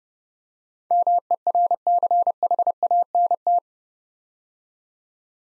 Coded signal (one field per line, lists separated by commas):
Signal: Morse code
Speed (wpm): 30 wpm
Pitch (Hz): 700 Hz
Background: none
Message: MERCHANT